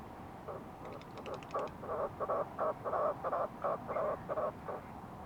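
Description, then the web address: Fulmar prion giving a regular series of short, hoarse, pulsed notes, about three per second, after a brief higher rattling phrase. "sound fulmar-prion. صدای-پرنده-پریان-بدبو"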